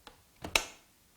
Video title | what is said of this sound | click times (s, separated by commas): Hoover Service Upright Smart Vacuum | and push until it clicks closed | 0.6 s